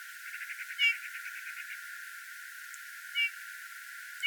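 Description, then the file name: Eurasian bullfinch giving soft, short piping calls, three clear notes spread throughout, with a faint run of rapid quieter pulses around the first. "Pyrrhula pyrrhula"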